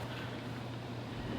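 A hinged panel of a wooden chicken coop on wheels is being pulled up by hand toward its latched position on the coop frame. Only a steady low hum and broadband, wind-like outdoor noise is heard, with no sharp knocks. The clip ends before the panel pops into place; nothing has seated or clicked yet.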